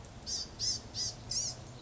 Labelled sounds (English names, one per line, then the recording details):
Blue-gray Gnatcatcher
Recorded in Sonoma County, California